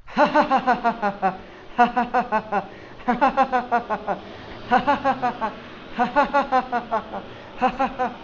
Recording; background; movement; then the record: laughter; traffic; sitting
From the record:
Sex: male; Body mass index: 20.6 kg/m2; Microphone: on the chest, facing outward